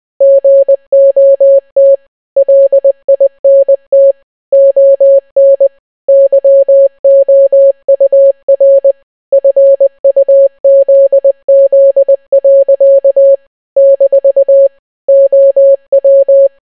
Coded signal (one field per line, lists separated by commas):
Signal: Morse code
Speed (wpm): 20 wpm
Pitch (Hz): 550 Hz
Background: none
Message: GOT LINT ON YOUR FUZZ. - OW